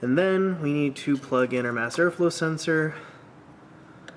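Someone talks for about the first three seconds while a wiring harness electrical connector is pushed onto the mass airflow sensor on the intake of a 2001–2010 Dodge Grand Caravan minivan with the 3.3L V6, during a throttle body housing service. After a quiet stretch, a single short, sharp click at 4.1 s marks the connector latching onto the sensor, and it is seated.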